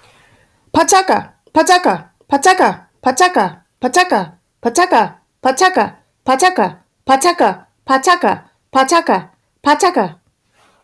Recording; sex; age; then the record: repeated syllables /pa ta ka/; female; 40 to 49 years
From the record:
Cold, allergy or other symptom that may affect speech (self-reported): no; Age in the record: 46 years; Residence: Missouri, United States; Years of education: 16